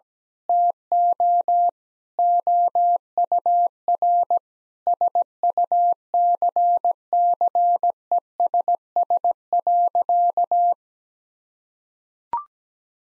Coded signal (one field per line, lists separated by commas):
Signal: Morse code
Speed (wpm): 17 wpm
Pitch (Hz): 700 Hz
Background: none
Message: TO OUR SUCCESS.